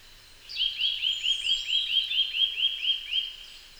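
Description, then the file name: Eurasian nuthatch giving a quick, even run of many clear whistled notes, steady in pitch. "Sitta europaea"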